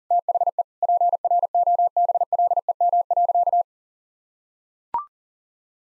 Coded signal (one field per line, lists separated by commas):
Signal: Morse code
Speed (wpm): 40 wpm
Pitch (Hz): 700 Hz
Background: none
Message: THE PROBLEM.